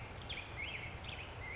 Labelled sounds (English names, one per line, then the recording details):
Black-headed Grosbeak
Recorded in Sonoma County, California